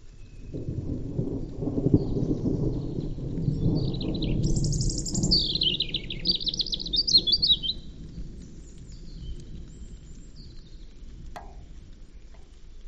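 European robin song, a few high whistled and trilled notes around five seconds in, over loud low rumbling noise through the first half.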